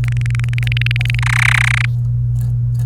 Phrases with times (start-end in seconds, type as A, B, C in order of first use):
0.04-1.19 A, 1.23-1.85 B